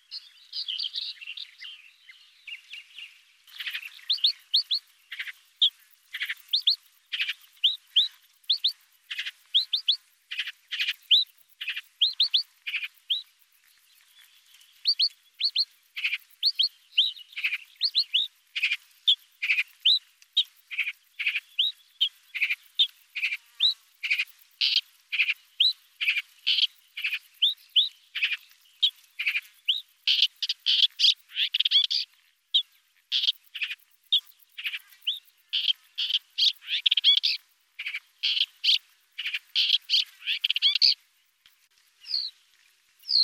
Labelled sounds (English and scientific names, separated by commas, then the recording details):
Upcher's Warbler (Hippolais languida) song
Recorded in the wild
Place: Tahtakaraca-Pass 1788 m (Alexanderpass), UZ
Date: 2001-05-23
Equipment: MiniDisc Sharp MT 20 H
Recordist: Schwarz, Dieter